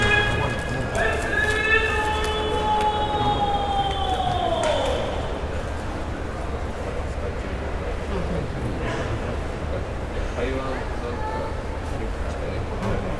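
A Tokyo street scene with a steady, dense rumble of traffic throughout. In the first five seconds a siren-like tone rings out, then slides downward in pitch and fades. Faint voices and scattered clatter sit in the busy background afterward.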